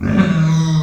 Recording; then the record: squeal of a Yucatan mini pig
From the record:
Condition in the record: after surgery on the right vocal fold (resection and tissue-engineered implant); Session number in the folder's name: 13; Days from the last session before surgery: 113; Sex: female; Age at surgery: 19 weeks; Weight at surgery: 25 kg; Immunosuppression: prednisolone